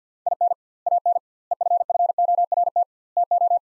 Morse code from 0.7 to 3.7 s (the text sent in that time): AN EFFORT TO